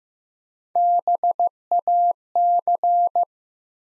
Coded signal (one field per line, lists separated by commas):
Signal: Morse code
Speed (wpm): 15 wpm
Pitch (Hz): 700 Hz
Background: none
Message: BAC